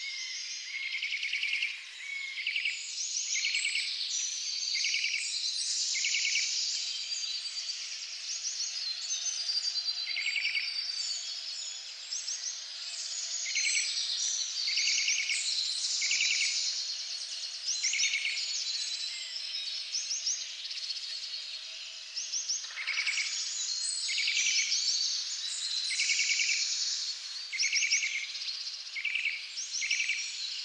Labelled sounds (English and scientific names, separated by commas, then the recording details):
Eurasian Nuthatch (Sitta europaea) song
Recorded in the wild
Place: Waltershofen / Freiburg im Breisgau, Baden-Württemberg, DE
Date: 2008-04-13
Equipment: MiniDisc Sharp MT 20 H
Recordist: Schwarz, Dieter
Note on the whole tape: Song